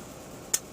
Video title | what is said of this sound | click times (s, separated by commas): TF CW DEVASTATOR PART2 Scrapper | Well, you have to pull it up and it'll snap into place. | 0.5 s